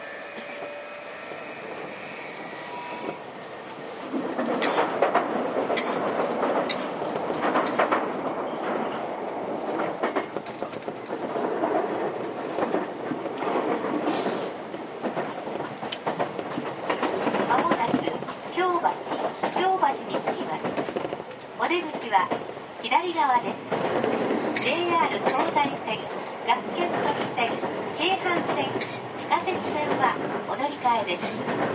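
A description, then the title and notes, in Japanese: Inside a JR 323 series train car, a steady rumble and rolling rattle fill the clip, growing louder after about four seconds as the train gets moving. Passengers' voices murmur throughout, with brief clicks and knocks from the wheels and track. JR323系 桃谷→桃谷。朝早くに乗車して録音しましたが、そこそこ乗客がおり、少し声が聞こえます。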